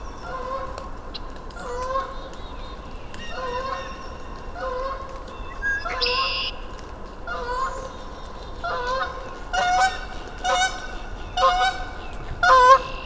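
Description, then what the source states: Goose honking, a series of honks that grow louder and more frequent toward the end, with other bird calls in the background. Single solitary goose landed on the ice of frozen Mud Pond (a bog), Vermont nature refuge, early spring, calling; speaker says he sounded lonely; blackbirds and songbirds in background; parabolic microphone on stand.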